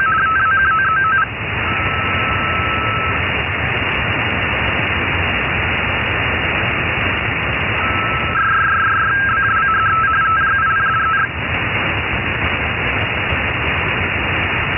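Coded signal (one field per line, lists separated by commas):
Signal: RTTY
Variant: 51 baud, 270 Hz shift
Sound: two bursts of rapid two-tone warbling teletype over steady band-limited radio hiss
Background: radio static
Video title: Boya RTTY para redes pesqueras en 10 metros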